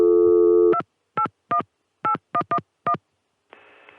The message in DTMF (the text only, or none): 2818111